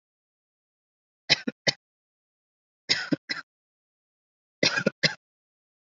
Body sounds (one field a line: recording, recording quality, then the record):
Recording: shallow voluntary cough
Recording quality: excellent, no background noise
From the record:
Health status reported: COVID-19 positive, moderate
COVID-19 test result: positive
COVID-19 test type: RT-PCR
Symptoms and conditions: cold, fever, fatigue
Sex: male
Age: 25 years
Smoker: no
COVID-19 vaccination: both doses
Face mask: worn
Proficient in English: no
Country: India